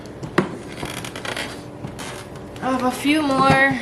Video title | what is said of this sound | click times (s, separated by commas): Cleaning EvenFlo Baby Car Seat Cover - How to clean & put it back together ☆ | and then pull it all the way up till it snaps | 0.4 s